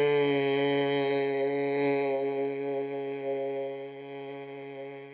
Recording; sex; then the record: sustained vowel /e/; male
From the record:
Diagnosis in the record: healthy control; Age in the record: 77 years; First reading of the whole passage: 68 s, 7.6 characters per second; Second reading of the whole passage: 60 s, 8.3 characters per second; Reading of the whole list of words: 67 s, 4.2 characters per second